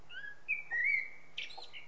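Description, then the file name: Common blackbird: a couple of soft whistles, then a clear fluty note held level before a brief squeaky ending. "Turdus merula"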